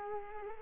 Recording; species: mosquito wingbeat signal from an infrared sensor; Culex quinquefasciatus